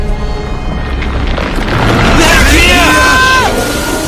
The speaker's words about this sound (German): Das ist kein orangener Schnee. Direkt unter uns bricht ein Vulkan aus.